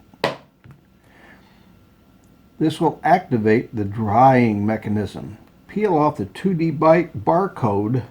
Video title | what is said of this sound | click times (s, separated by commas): LivingDNA test | by pushing until you hear a click this | 0.2 s